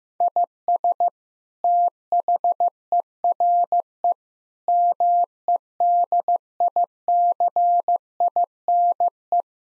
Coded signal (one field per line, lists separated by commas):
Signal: Morse code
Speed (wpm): 15 wpm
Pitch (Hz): 700 Hz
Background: none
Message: IS THERE MEDICINE